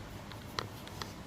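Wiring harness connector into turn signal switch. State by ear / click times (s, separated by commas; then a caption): seated / 0.6 s. A second wiring harness connector is pushed into the turn signal switch of a 2007–2009 Chevrolet Cobalt, with its tab facing the driver side door. A sharp click at 0.6 s marks it seating, surrounded by fainter ticks near 0.3, 0.9 and 1.0 s over a low, steady background. The connector is seated.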